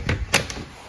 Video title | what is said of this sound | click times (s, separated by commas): Runaway CoolCamp Additions and Changes to my Teardrop Camper | it locks in place, and you have a nice big surface. | 0.3 s